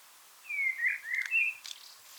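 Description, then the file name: Common blackbird: a single smooth fluted phrase of slurred whistles, closing with a brief high scratchy flourish. "Turdus merula"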